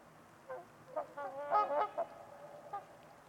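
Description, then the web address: Trumpeter swan honks, a few hoarse horn-like notes building to a louder double call, then a couple of softer honks. Trumpeter swans on a winter's eve at Winters Lake in a deep, quiet valley, with distant white noise. "Trumpeter Swans on a Winter's Eve. Nick-Mc Mahan Winters-Lake-with-Swan. Wind Is the Original Radio"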